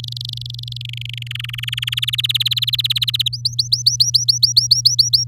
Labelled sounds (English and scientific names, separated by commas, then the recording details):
Domestic Canary (Serinus canaria) song
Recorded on 8 May 2018 at 08:57
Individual llb16